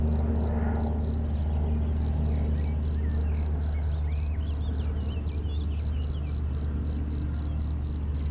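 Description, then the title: Cricket chirping steadily, about four high pulsed chirps per second, over a constant low hum. Single cricket in Chindrieux, France; among the first crickets of the season, calling intermittently for several days. "Chindrieux, France - grillon seul"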